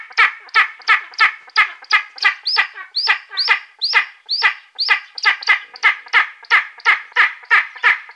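Spanish imperial eagle giving a fast run of hoarse, barking notes, about three per second, steady throughout with no other sounds.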